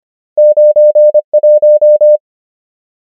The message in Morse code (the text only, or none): 9 1